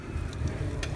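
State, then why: Seated. A wiring harness plug is pushed hard onto an ignition coil on a BMW X5 with the 3.0 L M54 engine, over a steady low rumble with a couple of faint ticks. At 0.8 s its locking tab snaps down with a short, sharp broadband click, and the connector is seated and locked on.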